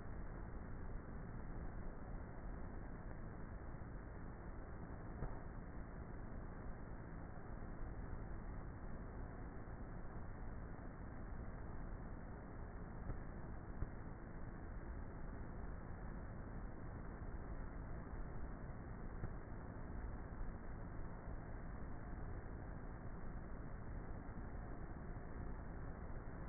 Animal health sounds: honeybee colony, microphone inside the hive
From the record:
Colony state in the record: queenless with a low population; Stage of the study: before two queens were removed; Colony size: about 30,000 bees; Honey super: no

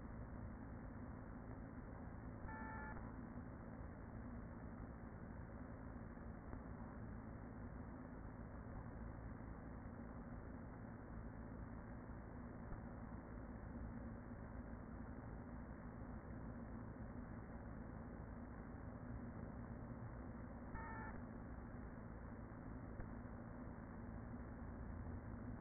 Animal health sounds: honeybee colony, microphone inside the hive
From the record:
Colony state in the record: queen present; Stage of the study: after two queens were removed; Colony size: about 40,000 bees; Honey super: no

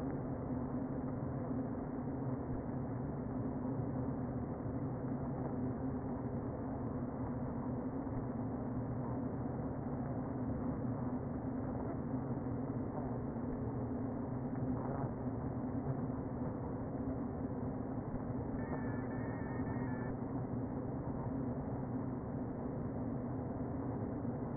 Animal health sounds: honeybee colony, microphone inside the hive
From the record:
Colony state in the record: queen present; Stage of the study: before two queens were removed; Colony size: about 60,000 bees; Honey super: yes

